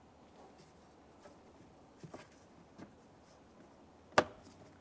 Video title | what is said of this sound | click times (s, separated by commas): How to Replace Cabin Air Filter 2015-2019 Subaru Outback | Press it on. Listen for an audible click and a light tug. | 4.2 s